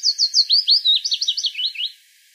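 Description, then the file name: European robin song phrase: a quick series of high, looping whistled notes sliding downward, lasting about two seconds before falling silent. "Erithacus rubecula"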